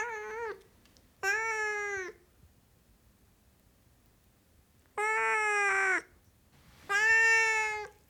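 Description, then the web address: Siamese cat yowling meows, four loud, harmonic, drawn-out calls with gaps between, one wavering at its close. "The BBC Sound Effects Library. Siamese Cat Meowing"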